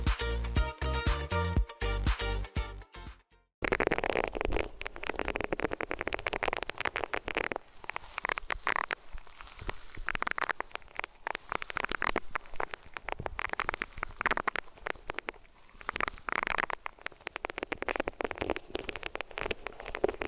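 Close rubbing and scratching sounds against different materials fill the clip. It opens with a few seconds of steady, tonal, musical-sounding notes, then a brief silence around three and a half seconds, followed by dense, continuous rustling and scraping with rapid textured bursts throughout.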